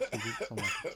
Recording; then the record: coughing mixed with background sound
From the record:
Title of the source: Dry Afternoon Cough